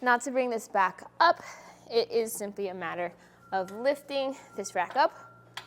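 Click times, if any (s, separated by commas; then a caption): none. A RockyMounts GuideRail hitch bike rack for 2 bikes, on the hitch mount of a 2024 Jeep Grand Wagoneer L, is being lifted from its tilted-away position back toward upright while someone talks. The tilt latch that locks the rack upright has not yet snapped into place, and nothing has seated or clicked by the end of the clip.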